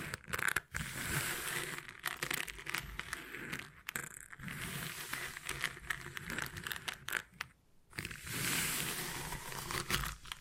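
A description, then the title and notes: Beeswax is squeezed and worked, giving dense crinkling, crunching and soft tearing sounds with brief quiet gaps near four and eight seconds. ASMR 20 Brain Tingly Sounds Using Beeswax (No Talking).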